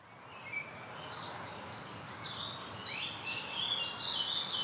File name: Troglodytes troglodytes